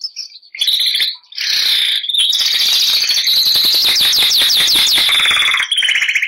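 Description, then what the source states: Canary (Bernois): canary song of loud, continuous rolling trills and fast repeated chirps, shifting in pitch, sustained almost throughout. Bernois canary breed.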